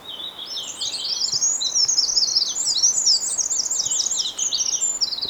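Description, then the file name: Eurasian wren song: a long, fast, high-pitched stream of bright trills and twittering notes, delivered loudly and without pause over faint background hiss. "Troglodytes troglodytes"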